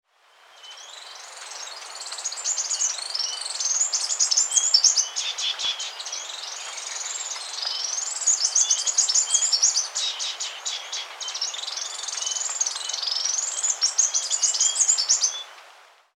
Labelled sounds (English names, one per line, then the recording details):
Citrine Warbler
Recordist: Tembrock, Günter
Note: Gesang